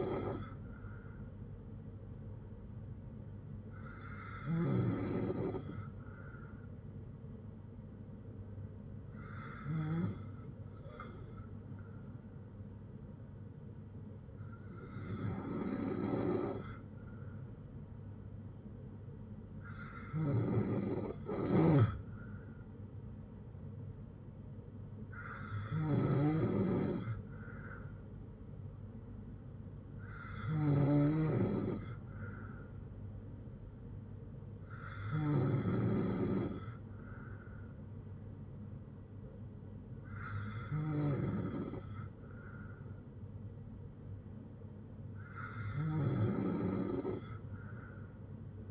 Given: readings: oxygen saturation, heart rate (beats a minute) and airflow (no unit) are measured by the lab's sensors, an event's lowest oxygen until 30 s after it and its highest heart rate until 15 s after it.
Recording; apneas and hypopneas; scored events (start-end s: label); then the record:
breathing in sleep by a smartphone at the bedside; none
19.00-48.71 s: new sleep stage, N2 (light sleep)
From the record:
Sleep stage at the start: N3 (deep sleep); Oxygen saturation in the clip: 94 to 96%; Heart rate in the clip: 57 to 69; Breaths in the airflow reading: 10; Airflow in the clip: -5.8 to 3.1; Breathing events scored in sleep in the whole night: 182 in 7.4 hours asleep